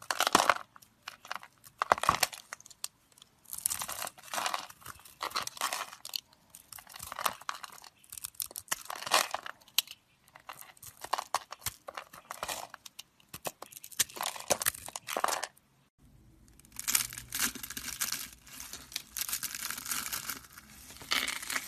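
Soap carving: a blade scrapes and crunches through the bar in short, bright strokes, each burst lasting about a second with brief pauses between. Around sixteen seconds the cutting stops briefly, then resumes as denser, more continuous shaving over a faint low hum.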